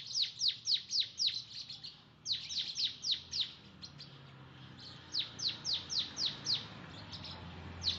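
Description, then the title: Oriental magpie-robin song: rapid series of bright, steeply descending whistled notes, six to eight per burst, bursts separated by short pauses, with a soft low background hum. "Kicau Kacer"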